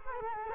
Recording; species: mosquito wingbeat signal from an infrared sensor; Culex quinquefasciatus